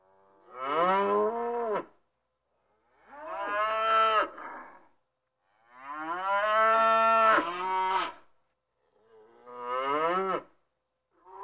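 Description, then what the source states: Cow: cattle mooing: four long, drawn-out harmonic moos separated by short quiet gaps, with a fifth moo just starting at the end. Herd of cows on a big meadow near a street in Enscherange, mooing on a mild, windy summer afternoon.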